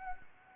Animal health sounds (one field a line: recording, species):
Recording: mosquito wingbeat signal from an infrared sensor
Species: Anopheles gambiae